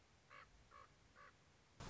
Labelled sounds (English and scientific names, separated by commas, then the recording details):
Common Raven (Corvus corax)
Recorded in Sonoma County, California